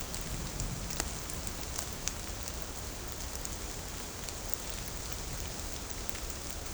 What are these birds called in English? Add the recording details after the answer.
none. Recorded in shrubland near Pivijay, Magdalena, Colombia, on 4 June 2023 at 10:30. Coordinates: 10.453, -74.365. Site P5-G022